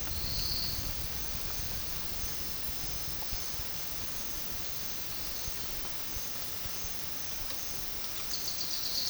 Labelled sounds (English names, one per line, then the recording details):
none
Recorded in pastures near Puerto Asís, Putumayo, Colombia, on 30 June 2025 at 16:00
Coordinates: 0.466, -76.322
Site GP07